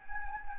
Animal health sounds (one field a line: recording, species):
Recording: mosquito wingbeat signal from an infrared sensor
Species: Anopheles gambiae